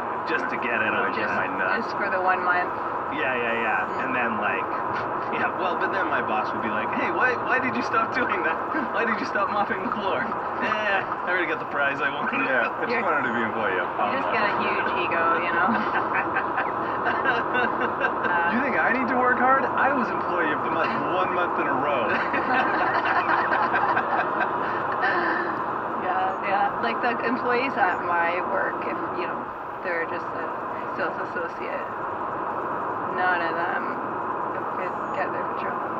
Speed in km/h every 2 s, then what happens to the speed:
89, 89, 89, 89, 89, 89, 89, 87, 86, 86, 87, 86, 84, 81, 81, 80, 80, 80.
0-36 slows to 80.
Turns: none.